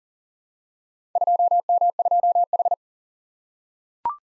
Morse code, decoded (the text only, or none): 2M2H